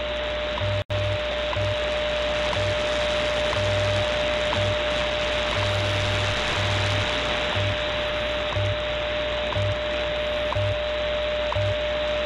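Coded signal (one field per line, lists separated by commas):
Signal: radio time signal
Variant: WWV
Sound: steady 600 Hz tone with short tick every second, low hum pulses underneath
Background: radio static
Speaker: this one is on 15 megahertz WWV 15 megahertz and we'll compare of course to antennas the w6 LVP amplified magnetic loop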